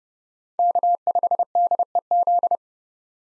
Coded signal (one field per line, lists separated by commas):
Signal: Morse code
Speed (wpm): 30 wpm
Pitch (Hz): 700 Hz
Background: none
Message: K5DEZ